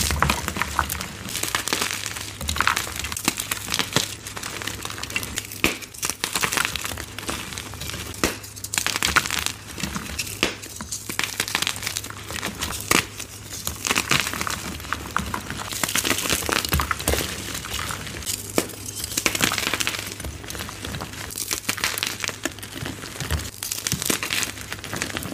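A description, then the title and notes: Gym chalk being crushed and squeezed, a dense run of gritty crunches and crinkles that never settles into a steady rhythm. The sound is bright and dry, with sharper bursts near 3, 6, 9, 15 and 19 seconds. A low steady hum sits underneath throughout. Random Gym Chalk Crushes.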